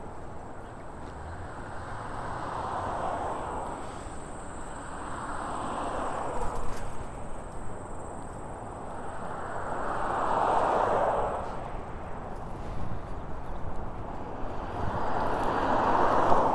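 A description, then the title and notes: A bike ride recorded outdoors, with a steady low rush of wind and rolling tires throughout. Swells of louder whooshing come and go every few seconds, strongest near the middle and end, likely passing vehicles or gusts. A thin high whine runs faintly underneath. A stereo recording of a bike ride from Orchard Beach to our house in Mount Vernon.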